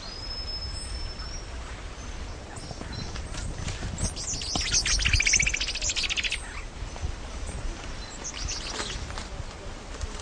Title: LuckyPassaro Completos2Sama. Tepui Brush Finch (Atlapetes personatus)